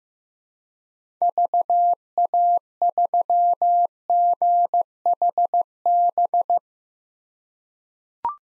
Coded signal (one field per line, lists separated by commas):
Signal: Morse code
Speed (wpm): 15 wpm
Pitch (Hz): 700 Hz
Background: none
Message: VA3GHB